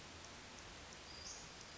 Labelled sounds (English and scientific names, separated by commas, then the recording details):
Western Flycatcher (Empidonax difficilis)
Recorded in Sonoma County, California